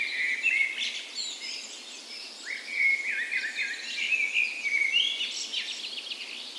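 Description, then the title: Several birds singing together at dawn, repeated looping phrases and bright chirps overlapping without a break. Dawn chorus in a park west in Bergen, Norway, on the morning of 17 May, Norway's National Day, in spring; Sony PCM A10 recorder, LOM micro Usi mics used as tree ears. "17th Of May Dawn Chorus"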